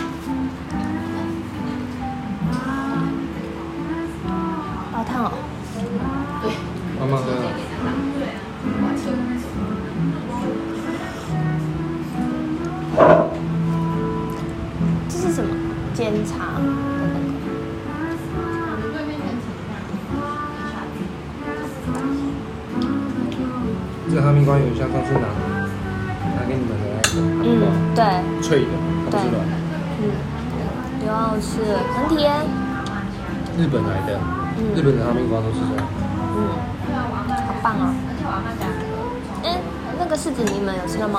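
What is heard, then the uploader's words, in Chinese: A café on Changrong Street in Tainan, filled with a steady murmur of overlapping voices. The chatter stays dense throughout, with a low hum underneath and occasional sharp clinks of cups or dishes, one standing out around the thirteen-second mark. 台南長榮街上的咖啡廳。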